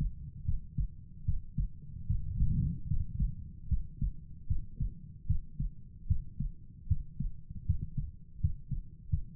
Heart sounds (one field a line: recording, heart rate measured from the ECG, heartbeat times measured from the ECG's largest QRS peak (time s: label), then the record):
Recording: heart sounds by stethoscope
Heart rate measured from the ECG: 76 bpm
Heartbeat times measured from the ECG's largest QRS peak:
0.45 s: heartbeat
1.25 s: heartbeat
2.06 s: heartbeat
2.87 s: heartbeat
3.68 s: heartbeat
4.47 s: heartbeat
5.27 s: heartbeat
6.07 s: heartbeat
6.88 s: heartbeat
7.66 s: heartbeat
8.40 s: heartbeat
9.09 s: heartbeat
From the record:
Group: healthy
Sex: male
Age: 35 years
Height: 178 cm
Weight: 64 kg